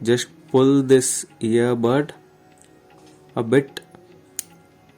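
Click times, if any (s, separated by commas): 4.4 s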